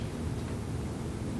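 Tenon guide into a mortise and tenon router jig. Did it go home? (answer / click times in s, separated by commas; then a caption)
no / none. A tenon guide is being handled as it is swapped into a mortise and tenon router jig, replacing the guide for smaller tenons, with the new guide's end tabs set to face the workpiece. Only a steady broadband hiss over a low rumble is heard, with no distinct impacts. Nothing has seated or snapped into place yet.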